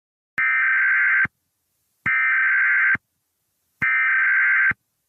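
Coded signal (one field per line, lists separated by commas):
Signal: Emergency Alert System (SAME) tones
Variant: header bursts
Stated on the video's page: Fictional EAS scenario.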